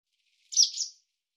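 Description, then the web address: Barn swallow call, a single brief high chirp of two quick parts, alone on a silent background. "cianscape birddata Deverinetal 2025"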